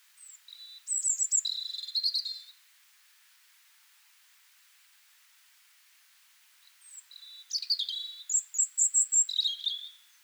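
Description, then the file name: European robin song: a rich warbled phrase of high whistles and trills, a pause of several seconds, then a second, livelier phrase with quick repeated notes. "Erithacus rubecula"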